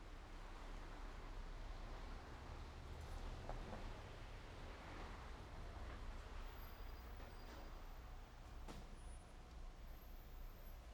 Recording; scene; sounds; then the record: everyday scene through a hearing-aid microphone; in traffic; traffic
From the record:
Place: main road on the outskirts, rush hour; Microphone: behind the ear, right, front